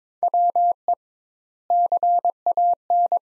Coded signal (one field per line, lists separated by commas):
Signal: Morse code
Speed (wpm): 22 wpm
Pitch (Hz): 700 Hz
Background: none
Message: WE CAN